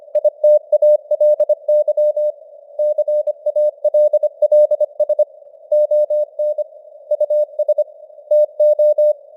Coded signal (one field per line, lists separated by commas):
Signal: Morse code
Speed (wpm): 25 wpm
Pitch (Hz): 600 Hz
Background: none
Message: ITALY CALLS ON US TO